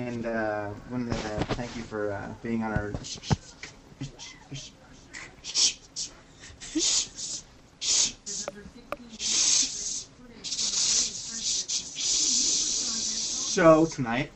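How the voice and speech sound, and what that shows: Acted stutter in an adult male voice: drawn-out sounds, then a nearly ten-second block of repeated hissing 's' bursts before 'show tonight.' The stutter is put on as a joke during a radio show.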